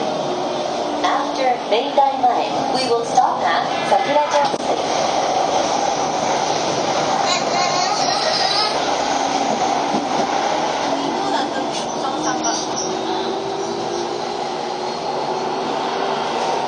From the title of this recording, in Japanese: 京王5000系 本八幡〜橋本